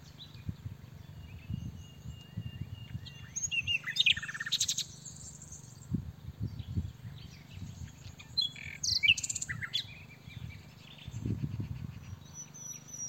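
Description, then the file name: Common nightingale song in bursts of rich, buzzy, chattering phrases separated by pauses, thin high whistles between them, and low wind rumble underneath. "Luscinia megarhynchos"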